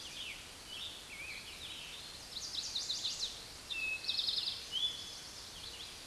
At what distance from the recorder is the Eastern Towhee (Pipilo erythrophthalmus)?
about 35 m